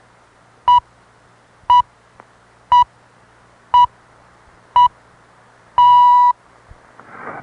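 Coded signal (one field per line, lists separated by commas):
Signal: radio time signal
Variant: time pips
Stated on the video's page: Shortwave recording from 1982 during sunspot maximum, received on a Realistic DX-302 near Atlanta, Georgia.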